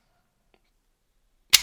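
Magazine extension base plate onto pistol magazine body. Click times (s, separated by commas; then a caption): 1.6 s. After the sides of a Glock pistol magazine body are compressed, an extension base plate is slid onto the magazine tube until its retaining nub catches. A faint tick comes at 0.5 s, then a sharp, bright click at 1.6 s as the base plate seats in place.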